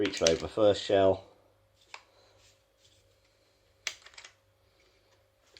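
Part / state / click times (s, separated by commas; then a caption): shell catcher flap on an airsoft pump shotgun receiver / seated / 3.9 s. Someone talks, then a shell is breech loaded into an APS CAM 870 airsoft pump shotgun, with a light click at 1.9 s. The modified shell catcher flap on the receiver snaps down and locks into place with a sharp click at 3.9 s, followed by a few softer rattles and a faint tick near 5.6 s. Pushed up afterward, the flap does not move and holds.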